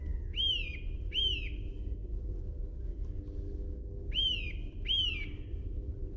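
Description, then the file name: Eurasian nuthatch calling in clear, strident notes that bend sharply up then slide down, delivered in two pairs about four seconds apart over a constant low-pitched hum. "Sitta europaea"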